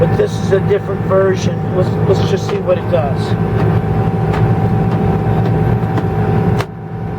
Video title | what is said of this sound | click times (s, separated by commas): Rule shower sump pump box DIY repair | Okay, you heard the snap that time. | 6.6 s